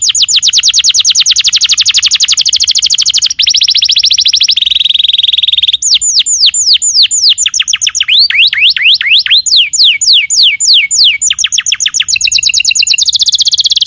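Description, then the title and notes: Canary song, a long run of rapid high trills and rolls that shift every second or two, with runs of fast down-slurred sweeping notes before a final trill. Long lure or training song for young canaries. "Pancingan Kenari Muda. masteran kenari"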